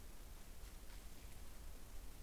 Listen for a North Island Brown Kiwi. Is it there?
no